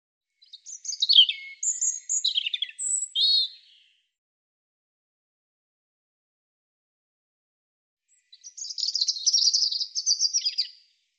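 European robin song: a high phrase of sweet whistles and quick notes, then a pause and a second phrase near the end.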